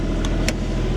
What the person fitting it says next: and we get a nice positive click